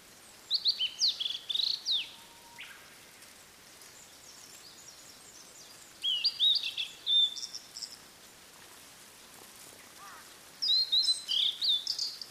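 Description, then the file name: Blue-and-white flycatcher song: three phrases of high, slurred whistles with sharp accents, separated by quiet gaps of a few seconds. "oruri"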